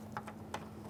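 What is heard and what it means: A plastic electrical connector for the door speaker wiring is handled at a rear door of a 2015-2019 Subaru Outback during exterior door handle replacement. Three brief, light ticks sound at about 0.2, 0.3 and 0.5 seconds over a steady low hum. The connector has not seated or clicked in yet.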